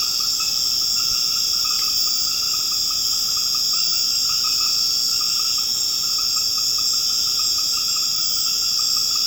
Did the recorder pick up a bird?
no